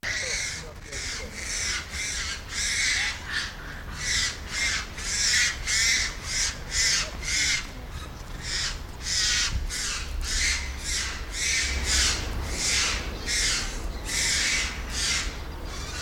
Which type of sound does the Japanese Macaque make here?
call